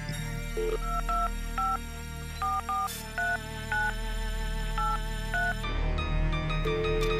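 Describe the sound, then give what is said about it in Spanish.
An electronic telephone rings for Officer Pudrietone with repeated pairs of bright, high beeps in a steady rhythm, over a sustained droning background that shifts near the end. “Pudrietone, atienda el teléfono, conteste, Pudrietone, estoy yendo para ahí.”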